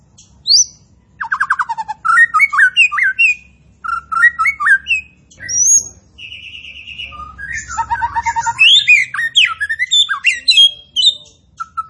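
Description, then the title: Striated grassbird in a dense, varied song: rapid whistled trills, rising and falling slurs and chirps, pouring out almost continuously with brief gaps. Singing actively and profusely. "Burung Tembakan Gacor"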